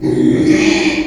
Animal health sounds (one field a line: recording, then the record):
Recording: squeal of a Yucatan mini pig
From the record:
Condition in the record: after surgery on the right vocal fold (resection and tissue-engineered implant)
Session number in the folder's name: 2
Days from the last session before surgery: 13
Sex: male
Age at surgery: 12 weeks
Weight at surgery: 13 kg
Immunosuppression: cyclosporine, prednisolone